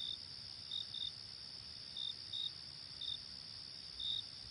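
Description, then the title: Cricket chirps, short high pulses coming irregularly about once a second, over a steady high insect drone and a soft low background hiss. Night ambience. "Night Ambience with Cricket Sound"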